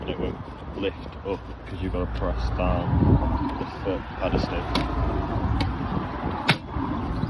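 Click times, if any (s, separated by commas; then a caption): 6.5 s. A Thule 933 EasyFold XT 2 towball bike carrier's tilting frame is pressed back up into its travel position on its towbar mount using the foot pedal, while someone talks. A lighter knock at 5.6 s comes before a loud, sharp latching click at 6.5 s. The click shows the carrier has seated back in place and is secure.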